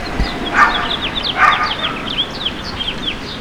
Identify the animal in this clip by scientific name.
Haemorhous mexicanus